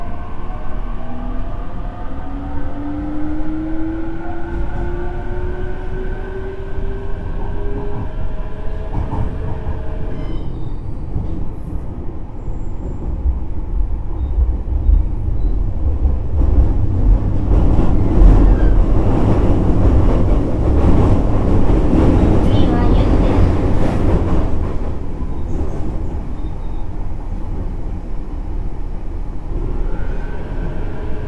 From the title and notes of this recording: JR九州 817系 福北ゆたか線 吉塚から篠栗まで. It is a running sound of JR Kyushu 817 series trains. I recorded it on the local train of Fukutoku Yutaka Line (Chikuho Line). The section is from Yoshizuka to sasaguri.